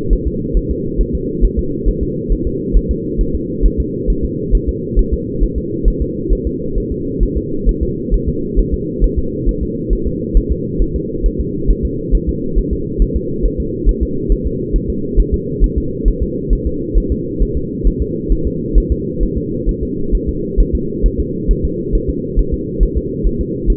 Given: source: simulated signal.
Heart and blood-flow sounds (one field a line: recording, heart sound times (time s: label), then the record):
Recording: fetal heart sounds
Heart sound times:
0.13 s: S1
0.28 s: S2
0.57 s: S1
0.71 s: S2
1.01 s: S1
1.15 s: S2
1.44 s: S1
1.59 s: S2
1.88 s: S1
2.03 s: S2
2.32 s: S1
2.47 s: S2
2.77 s: S1
2.91 s: S2
3.21 s: S1
3.35 s: S2
3.66 s: S1
3.80 s: S2
4.10 s: S1
4.25 s: S2
4.55 s: S1
4.69 s: S2
4.99 s: S1
5.13 s: S2
5.44 s: S1
5.58 s: S2
5.88 s: S1
6.02 s: S2
6.32 s: S1
6.47 s: S2
6.78 s: S1
6.92 s: S2
7.23 s: S1
7.38 s: S2
7.69 s: S1
7.83 s: S2
8.14 s: S1
8.29 s: S2
8.59 s: S1
8.74 s: S2
9.04 s: S1
9.19 s: S2
9.49 s: S1
9.63 s: S2
9.93 s: S1
10.07 s: S2
10.37 s: S1
10.52 s: S2
10.82 s: S1
10.96 s: S2
11.26 s: S1
11.40 s: S2
11.70 s: S1
11.85 s: S2
12.15 s: S1
12.29 s: S2
12.59 s: S1
12.73 s: S2
13.02 s: S1
13.16 s: S2
13.45 s: S1
13.60 s: S2
13.89 s: S1
14.03 s: S2
14.32 s: S1
14.47 s: S2
14.76 s: S1
14.90 s: S2
15.20 s: S1
15.34 s: S2
15.64 s: S1
15.78 s: S2
16.08 s: S1
16.23 s: S2
16.53 s: S1
16.67 s: S2
16.98 s: S1
17.12 s: S2
17.42 s: S1
17.57 s: S2
17.87 s: S1
18.02 s: S2
18.32 s: S1
18.47 s: S2
18.78 s: S1
18.92 s: S2
19.23 s: S1
19.38 s: S2
19.69 s: S1
19.83 s: S2
20.15 s: S1
20.29 s: S2
20.60 s: S1
20.75 s: S2
21.06 s: S1
21.20 s: S2
21.51 s: S1
21.65 s: S2
21.95 s: S1
22.10 s: S2
22.39 s: S1
22.54 s: S2
22.83 s: S1
22.97 s: S2
23.26 s: S1
23.41 s: S2
23.70 s: S1
From the record:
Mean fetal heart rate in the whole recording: 135 bpm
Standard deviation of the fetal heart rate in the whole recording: 3 bpm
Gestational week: 36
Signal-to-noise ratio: -6.6 dB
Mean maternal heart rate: 72 bpm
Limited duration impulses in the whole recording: present